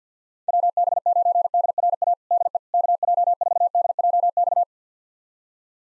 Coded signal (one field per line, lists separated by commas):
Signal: Morse code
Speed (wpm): 50 wpm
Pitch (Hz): 700 Hz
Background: none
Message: WB9DRA DE KJ4DJX